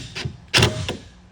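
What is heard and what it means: A wood hold-down screw is driven through a boat bench into the boat's saddle with a drill set to its clutch, with short bursts of drill whirring building to a loud burst around 0.6 s. The clutch slips with a sharp click at 0.9 s as the screw reaches its setting, the point to stop before it breaks through the varnish and stain.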